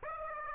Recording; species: mosquito wingbeat signal from an infrared sensor; Aedes aegypti